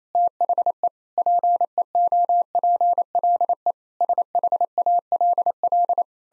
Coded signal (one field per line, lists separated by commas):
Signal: Morse code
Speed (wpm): 27 wpm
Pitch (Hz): 700 Hz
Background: none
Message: THE PEOPLE SHALL